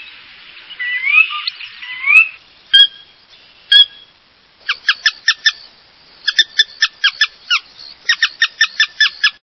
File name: Sora